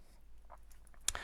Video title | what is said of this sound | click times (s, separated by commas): Rolex Explorer 214270 4K Watch Review | when one closes the oyster lock clasp and engages the oyster lock as you can see so very aesthetically pleasing and also very functional | 1.1 s